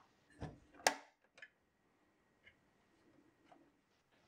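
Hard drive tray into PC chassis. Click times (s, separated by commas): 0.9 s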